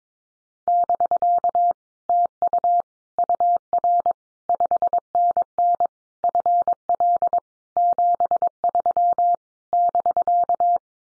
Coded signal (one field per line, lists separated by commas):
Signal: Morse code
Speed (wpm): 22 wpm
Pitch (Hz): 700 Hz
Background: none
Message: <BK> TU UR 5NN FL 73 <BK>